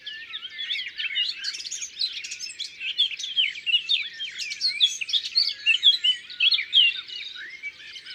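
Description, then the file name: Eurasian blackcap warbling song, a tangle of quick twitters and bright whistled notes, with other birds singing alongside. Recorded in the Drôme, France. "Fauvette a tete noire Concerts Naturels de la Drome Studio les Trois Becs"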